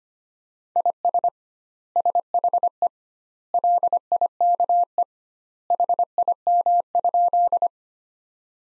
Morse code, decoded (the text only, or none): IS SHE LIKE HIM?